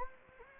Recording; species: mosquito wingbeat signal from an infrared sensor; Anopheles gambiae